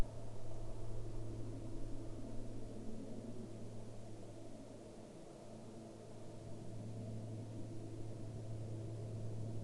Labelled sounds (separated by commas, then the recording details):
aircraft
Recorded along the Dalton Highway, Alaska, on 9 April 2019 at 15:18
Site 05